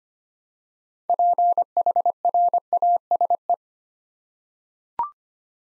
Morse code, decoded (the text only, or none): PHRASE